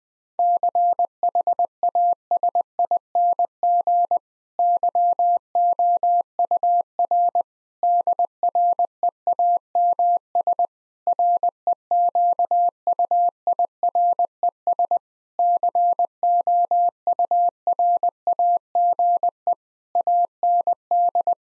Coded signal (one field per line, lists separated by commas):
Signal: Morse code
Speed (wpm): 21 wpm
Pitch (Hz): 700 Hz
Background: none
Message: CHASING YOUR DREAMS REQUIRES COURAGE AND